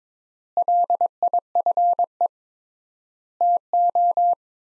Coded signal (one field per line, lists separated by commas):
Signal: Morse code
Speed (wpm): 22 wpm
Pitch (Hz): 700 Hz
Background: none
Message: LIFE TO